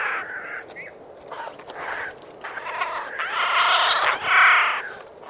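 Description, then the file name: Eurasian jay calls, faint rasping notes at first, building to two louder hoarse screeches near the end. "Garrulus glandarius"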